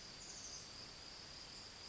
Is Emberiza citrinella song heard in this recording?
no